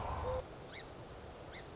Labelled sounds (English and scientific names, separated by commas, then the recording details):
Song Sparrow (Melospiza melodia)
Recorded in Sonoma County, California